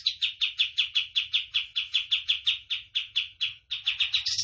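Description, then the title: Tembakan bird song: a rapid series of sharp, chirpy notes at a steady pitch, briefly pausing before a quicker, slightly higher run at the end. Vigorous song of a cage bird, used as a tutor recording for training cage birds. "Masteran Burung Tembakan Gacor"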